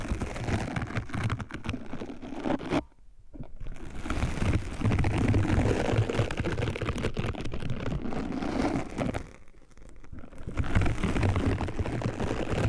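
Dense, crackling scratching and brushing sounds, like fingers and bristles rubbed over a microphone, keep up an irregular rasping texture with a low rumbling undertone. The sound drops nearly to silence twice, around the three-second mark and again near ten seconds, before resuming.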